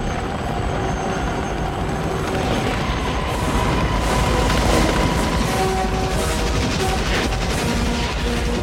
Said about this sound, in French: Ces 15 hélicoptères qui fendent le ciel, les explosions napalm, les bombes qui éclatent et les rafales des soldats américains, toute la machinerie de la guerre moderne en une séquence.